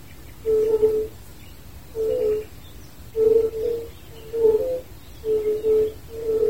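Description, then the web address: Fire-bellied toad: a series of low, musical 'oop' notes, about one per second, some doubled, over quiet background noise. "hiddenaudio wider unken"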